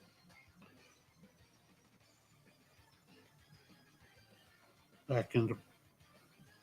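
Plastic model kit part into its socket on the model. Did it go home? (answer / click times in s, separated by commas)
no / none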